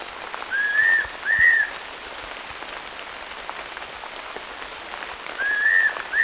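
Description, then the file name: Fairy pitta giving paired whistles, each a short arched note, heard twice against a steady rain-like patter, the second pair cut off at the end. "pitta nympha"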